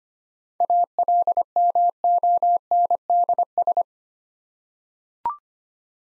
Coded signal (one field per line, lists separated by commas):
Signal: Morse code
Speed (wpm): 25 wpm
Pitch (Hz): 700 Hz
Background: none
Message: ALMONDS